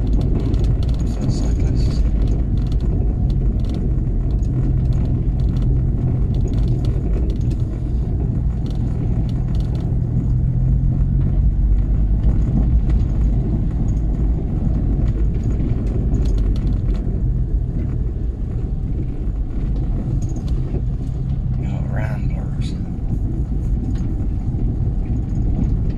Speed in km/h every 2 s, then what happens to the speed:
21, 18, 16, 16, 16, 18, 21, 21, 16, 13, 13, 15, 16.
0-14 steady at about 18. 14-18 slows to 13. 18-26 steady at about 13.